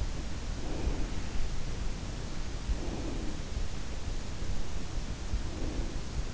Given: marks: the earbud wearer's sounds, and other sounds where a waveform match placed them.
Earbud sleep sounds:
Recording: sounds in sleep by an in-ear microphone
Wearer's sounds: breath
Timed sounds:
0.40-2.40 s: breath
2.73-4.28 s: breath
5.38-6.15 s: breath

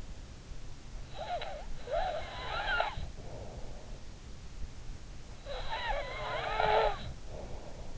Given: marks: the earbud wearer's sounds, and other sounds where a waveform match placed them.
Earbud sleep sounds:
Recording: sounds in sleep by an in-ear microphone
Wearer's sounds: snoring breath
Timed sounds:
1.06-3.95 s: snoring breath
5.36-7.98 s: snoring breath

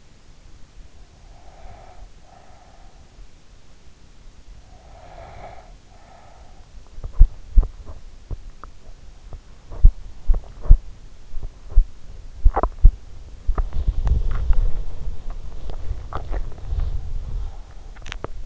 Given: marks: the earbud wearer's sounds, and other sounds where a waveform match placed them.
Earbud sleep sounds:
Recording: sounds in sleep by an in-ear microphone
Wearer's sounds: breath, snoring breath, teeth grinding, body movement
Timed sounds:
1.28-3.28 s: breath
4.46-6.73 s: snoring breath
6.73-18.46 s: teeth grinding
12.61-18.46 s: body movement

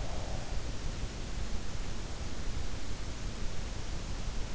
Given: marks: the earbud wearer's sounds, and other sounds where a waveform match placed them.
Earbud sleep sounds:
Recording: sounds in sleep by an in-ear microphone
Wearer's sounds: breath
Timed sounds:
0.03-1.08 s: breath

